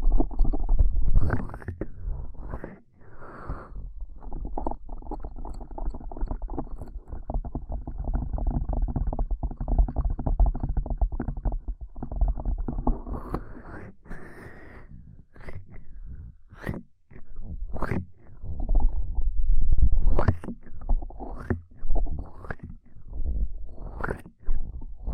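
Ear cupping triggers: a muffled, low rumbling whoosh fills most of the clip, fairly steady from about 3 to 14 seconds. After that it breaks into quick hollow pats and rubbing bursts, irregular and dense, with brief near-silent gaps between some of them.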